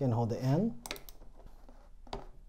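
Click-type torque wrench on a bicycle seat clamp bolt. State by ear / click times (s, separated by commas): torque reached / 2.1 s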